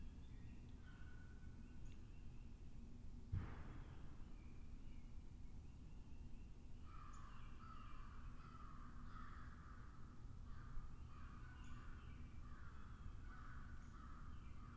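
Soft forest ambience with a steady low rumble and a dense, grainy wash like light rain. A sharp knock sounds near three seconds, and from about seven seconds on, crow-like caws and calls repeat every second or so over the hiss.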